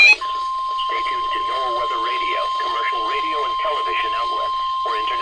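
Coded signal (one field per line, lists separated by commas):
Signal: Emergency Alert System (SAME) tones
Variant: 1050 Hz attention tone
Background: speech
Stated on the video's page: Severe Thunderstorm Warning received on NOAA Weather Radio from Baltimore, MD transmitter on 162.400 MHz.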